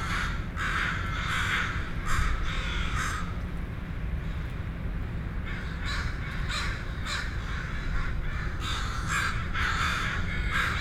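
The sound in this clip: Crow cawing, harsh nasal calls in irregular bursts, with steady low rumbling noise underneath.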